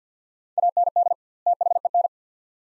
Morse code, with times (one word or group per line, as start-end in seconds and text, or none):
0.6-1.1 AND
1.5-2.1 THEN